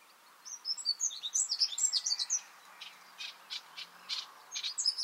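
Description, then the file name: Eurasian wren giving quick, high chattering notes in a rapid series, followed by softer, spaced sharp notes, with faint background hiss. "Troglodytes troglodytes"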